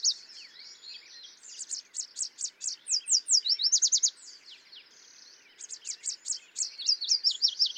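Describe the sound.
Yellow warbler song: a long run of evenly spaced high notes speeding into a tight trill, then a fresh phrase.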